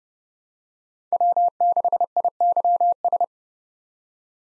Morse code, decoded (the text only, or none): W6IYS